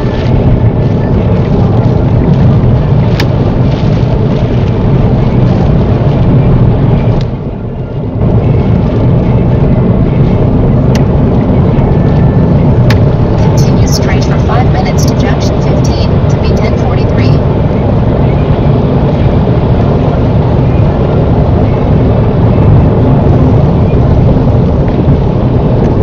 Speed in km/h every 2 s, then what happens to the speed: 74, 74, 74, 74, 81, 82, 85, 87, 89, 89, 90, 90, 95.
0-6 steady at about 74. 6-26 speeds up to 95.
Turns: none.